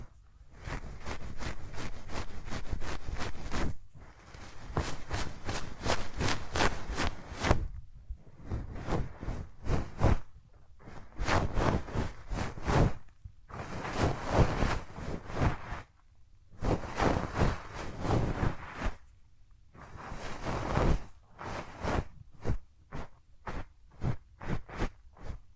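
Hands rub over microphone ears in quick, scratchy strokes, gathered into bursts of a few seconds each. Short silent pauses break the rubbing roughly every three seconds, and the sound is dense and hissy with a soft low rumble beneath it. There is no talking.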